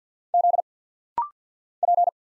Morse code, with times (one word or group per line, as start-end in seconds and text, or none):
0.3-0.6 Z
1.8-2.1 P